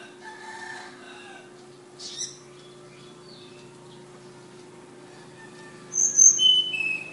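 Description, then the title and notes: Flowerpecker song: after faint rustling, a quick run of sharp, high whistles descending in steps near the end; a steady low hum throughout. Tledekan (Sulingan) from Kudus. "Tledekan/Sulingan ABABIL. Suara Burung Tledekan Ababil dari Kudus"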